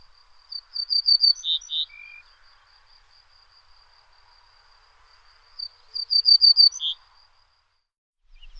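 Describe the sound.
Ortolan bunting song: two phrases about five seconds apart, each a run of clear high notes, the first ending in two lower, fuller notes and the second in one, over a steady thin insect-like whine.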